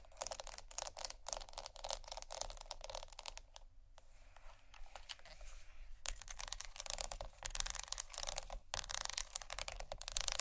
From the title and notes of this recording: ASMR Fast Tapping & Scratching （No Talking）.